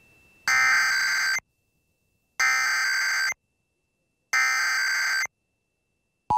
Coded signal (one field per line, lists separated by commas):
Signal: Emergency Alert System (SAME) tones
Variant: header bursts